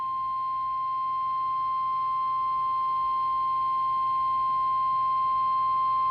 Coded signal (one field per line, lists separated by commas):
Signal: Emergency Alert System (SAME) tones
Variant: 1050 Hz attention tone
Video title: (EAS #12) Required Weekly Test 6/18/25